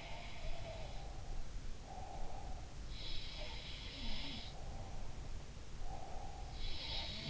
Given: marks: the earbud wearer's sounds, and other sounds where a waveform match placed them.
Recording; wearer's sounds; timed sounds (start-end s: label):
sounds in sleep by an in-ear microphone; breath
0.00-7.30 s: sound from someone else or the room
0.60-2.77 s: breath
4.44-6.74 s: breath